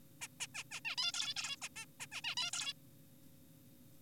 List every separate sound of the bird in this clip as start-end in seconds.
0.21-0.28, 0.41-0.47, 0.55-0.64, 0.71-0.80, 0.85-0.96, 0.98-1.12, 1.14-1.34, 1.36-1.56, 1.62-1.69, 1.76-1.85, 2.00-2.06, 2.12-2.21, 2.24-2.35, 2.37-2.51, 2.53-2.73